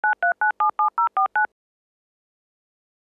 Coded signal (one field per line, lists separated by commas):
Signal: DTMF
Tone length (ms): 120 ms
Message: 93977049